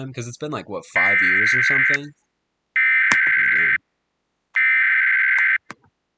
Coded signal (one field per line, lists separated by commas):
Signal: Emergency Alert System (SAME) tones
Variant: header bursts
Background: speech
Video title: watching EAS scenarios and hanging out join plz part 2 (part 2 of part 2)